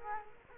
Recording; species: mosquito wingbeat signal from an infrared sensor; Culex quinquefasciatus